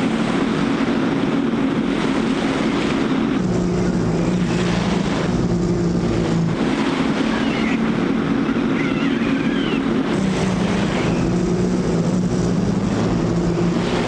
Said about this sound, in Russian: Длинный деревянный мост на сваях. По мосту едет мотоцикл с Ампилоговым и Артемом. По мосту едет немецкий легковой автомобиль с открытым верхом с четырьмя немецкими военными.